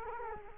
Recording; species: mosquito wingbeat signal from an infrared sensor; Culex quinquefasciatus